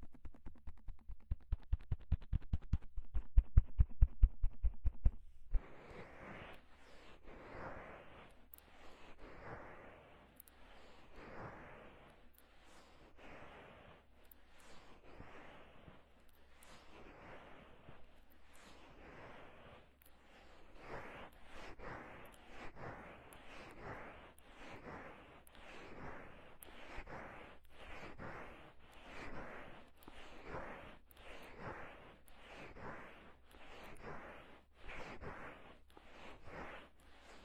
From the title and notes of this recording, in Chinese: 放松按摩耳朵。